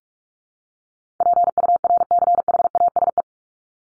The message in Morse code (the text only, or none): PURCHASE